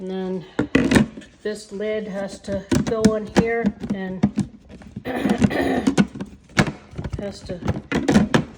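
Someone talks while the plastic lid of a milk-making machine is pressed onto its base, with a few short knocks and thunks of handling toward the end. The lid has not clicked into place yet when the clip ends.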